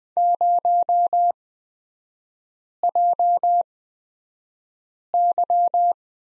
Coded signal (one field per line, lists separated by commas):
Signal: Morse code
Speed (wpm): 20 wpm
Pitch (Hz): 700 Hz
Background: none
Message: 0JY